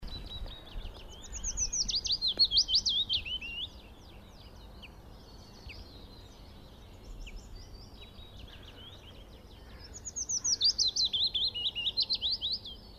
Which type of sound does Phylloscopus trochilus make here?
song